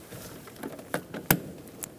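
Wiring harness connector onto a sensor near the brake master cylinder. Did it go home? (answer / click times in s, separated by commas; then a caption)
yes / 1.3 s. A plastic wiring harness connector is pushed by hand onto its sensor socket near the brake master cylinder of a 2012-2020 Chevrolet Sonic. Softer taps and rustles sound around 0.6, 0.9 and 1.2 s, then a sharp, loud latch click at 1.3 s shows the connector has seated.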